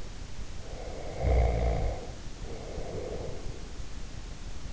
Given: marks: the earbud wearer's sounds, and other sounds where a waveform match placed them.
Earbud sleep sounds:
sounds in sleep by an in-ear microphone; snoring breath
0.62-3.65 s: snoring breath

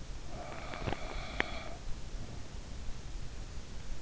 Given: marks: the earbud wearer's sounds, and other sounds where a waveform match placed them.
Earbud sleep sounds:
sounds in sleep by an in-ear microphone; breath, teeth grinding
0.27-1.69 s: breath
0.67-1.47 s: teeth grinding

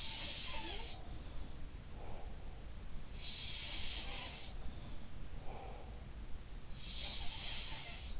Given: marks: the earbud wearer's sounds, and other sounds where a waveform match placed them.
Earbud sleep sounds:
sounds in sleep by an in-ear microphone; breath
0.00-1.24 s: sound from someone else or the room
1.73-2.53 s: breath
3.30-4.73 s: sound from someone else or the room
5.32-6.08 s: breath
6.41-8.20 s: sound from someone else or the room

